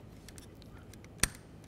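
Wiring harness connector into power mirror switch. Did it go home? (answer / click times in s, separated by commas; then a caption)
yes / 1.2 s. A lighter-colored wiring harness connector is lined up and pushed onto the power mirror switch of a 2010–2017 Chevy Equinox. After a few faint ticks and handling noises, a single sharp click at 1.2 s is heard as the spring tab lock snaps into place. The connector is seated.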